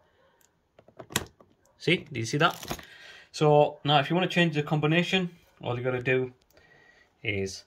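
On a Monzana Baseline PCS hard-shell travel suitcase, the release on its plastic TSA combination lock is pressed and the reset button pops back up with a sharp click at 1.2 s, after a few faint ticks. Someone then talks over the rest of the clip. The reset button is released and back up.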